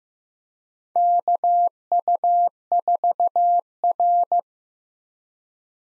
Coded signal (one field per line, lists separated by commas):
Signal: Morse code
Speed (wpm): 15 wpm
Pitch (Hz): 700 Hz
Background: none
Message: KU4R